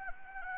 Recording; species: mosquito wingbeat signal from an infrared sensor; Anopheles gambiae